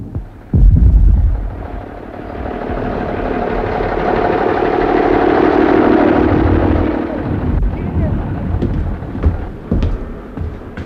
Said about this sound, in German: Dieser Kanonendonner.